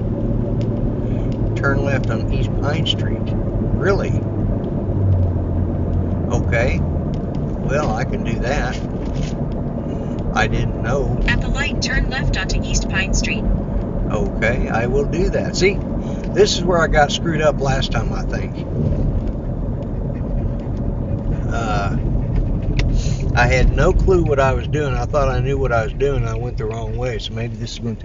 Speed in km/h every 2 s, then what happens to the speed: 56, 60, 61, 60, 60, 60, 58, 56, 53, 50, 44, 31, 15, 5.
0-11 steady at about 60. 11-28 slows to 5.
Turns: none.